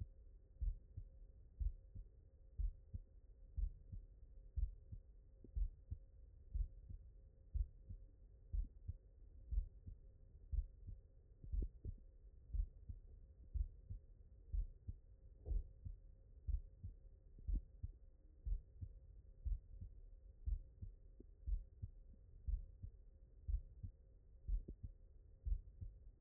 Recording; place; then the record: heart sounds by stethoscope; mitral valve (MV)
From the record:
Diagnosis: non-HFrEF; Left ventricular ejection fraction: 61%